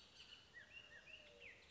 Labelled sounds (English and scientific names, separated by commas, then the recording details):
Bullock's Oriole (Icterus bullockii)
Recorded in Sonoma County, California